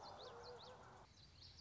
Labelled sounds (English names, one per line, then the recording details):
Common Yellowthroat
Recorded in Sonoma County, California